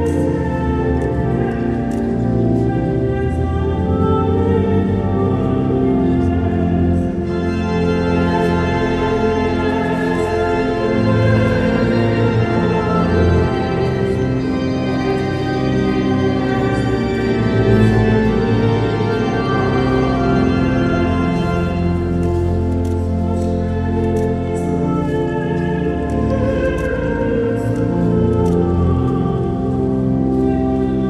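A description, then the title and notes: A cathedral service fills the space with sustained, resonant organ-like chords, dense and steady, thickening around eight seconds and again near twenty-two. A lot of surrounding noise but a nice recording anyway of this service in the Cathedral of Paris.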